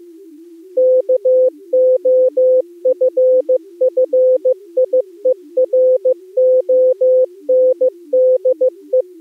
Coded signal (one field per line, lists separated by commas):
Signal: Morse code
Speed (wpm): 18 wpm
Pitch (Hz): 510 Hz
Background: music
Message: KOFFIERONDE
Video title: Daily Minutes, January 4, 2016, with contestia